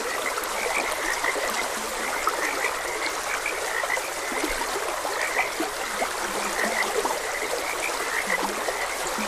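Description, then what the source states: Frog chorus of constant overlapping croaks, brighter chirps above and occasional deep short notes below, with continuous stream noise throughout. Frogs croaking beside a gentle stream.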